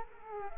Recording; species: mosquito wingbeat signal from an infrared sensor; Culex quinquefasciatus